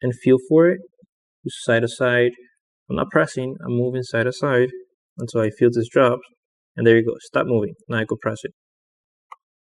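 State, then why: Seated. Someone talks while moving a flex cable connector side to side until it drops into alignment with its socket on an iPhone 5s logic board, then presses it down. The connector seats with a short, sharp click at 9.3 s.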